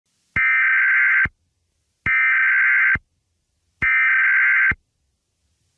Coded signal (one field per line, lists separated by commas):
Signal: Emergency Alert System (SAME) tones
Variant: header bursts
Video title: EAS Scenario #9: The Masked Man